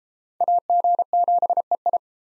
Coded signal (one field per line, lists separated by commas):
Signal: Morse code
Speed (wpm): 32 wpm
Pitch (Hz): 700 Hz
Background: none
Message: AG7EI